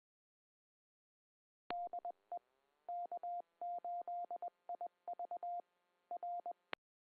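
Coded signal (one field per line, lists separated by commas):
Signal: Morse code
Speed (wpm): 21 wpm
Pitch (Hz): 700 Hz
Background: none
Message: DE K8IV R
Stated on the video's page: Heard during a 2 meter repeater net on 146.895 MHz with a Flex 6700, 2MLDPA amplifier, and Mosley 5/8 base antenna.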